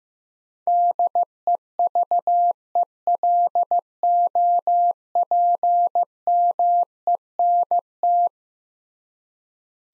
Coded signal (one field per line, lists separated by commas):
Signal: Morse code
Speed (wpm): 15 wpm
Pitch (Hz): 700 Hz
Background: none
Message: DEVELOPMENT